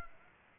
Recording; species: mosquito wingbeat signal from an infrared sensor; Aedes aegypti